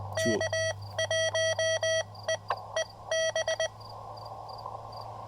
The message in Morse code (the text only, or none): K1EEB